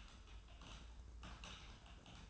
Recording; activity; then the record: daily activity, microphone in the room; typing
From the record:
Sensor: 2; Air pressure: 994.3 hPa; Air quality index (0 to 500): 210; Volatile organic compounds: 1000 ppm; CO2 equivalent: 6917 ppm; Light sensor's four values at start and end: 54/126/53/55 and 54/126/53/55